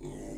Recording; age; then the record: pig call; weaner (32 to 43 days)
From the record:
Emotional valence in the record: negative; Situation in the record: long isolation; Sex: female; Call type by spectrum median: low-frequency call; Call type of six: low-frequency stable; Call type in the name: low-frequency stable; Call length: 0.38 s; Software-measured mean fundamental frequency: 55 Hz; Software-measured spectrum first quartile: 220 Hz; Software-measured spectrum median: 387 Hz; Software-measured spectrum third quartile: 1219 Hz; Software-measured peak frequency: 343 Hz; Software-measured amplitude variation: 115 dB a second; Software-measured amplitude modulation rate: 28.9 a second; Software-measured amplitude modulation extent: 4.0 dB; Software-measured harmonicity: 4.8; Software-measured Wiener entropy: -1.49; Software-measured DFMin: 1180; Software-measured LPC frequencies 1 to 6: 361, 2005, 2730, 3415, 4012, 5203 Hz